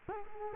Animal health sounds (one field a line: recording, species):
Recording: mosquito wingbeat signal from an infrared sensor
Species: Culex quinquefasciatus